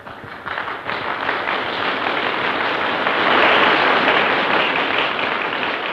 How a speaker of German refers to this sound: Ein langes Schweigen. Traut sich keiner zu klatschen. Und dann kommt doch Beifall auf.